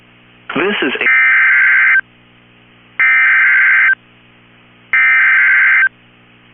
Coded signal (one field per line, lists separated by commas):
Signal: Emergency Alert System (SAME) tones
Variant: header bursts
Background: speech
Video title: EAS #1,890 Online NOAA Weather Radio Tornado Warning 5/15/25